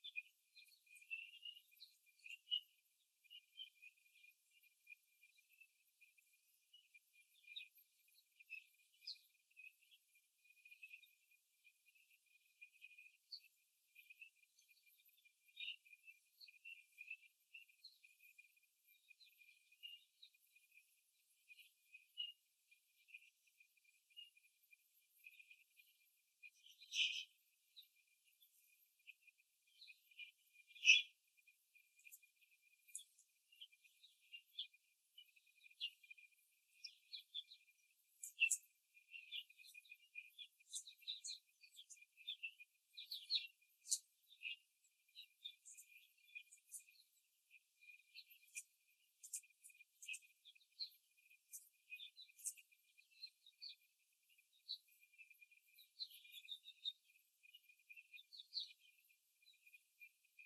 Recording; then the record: young laying hens in a cage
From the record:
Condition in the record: before the stressor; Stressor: simulated dog barking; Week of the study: 3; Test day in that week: 2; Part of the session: 4